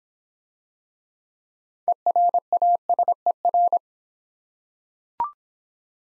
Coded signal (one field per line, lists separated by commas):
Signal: Morse code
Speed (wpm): 26 wpm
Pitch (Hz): 700 Hz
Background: none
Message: ERASER